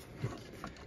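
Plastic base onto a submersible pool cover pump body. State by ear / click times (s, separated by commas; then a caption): seated / 0.6 s. A plastic base is pushed onto the bottom of a BLACK+DECKER 1500 GPH submersible swimming pool cover pump, lined up with the handle side of the pump body. A short, faint click is heard at 0.6 s over a steady low background hiss. The base is seated and snapped securely onto the pump.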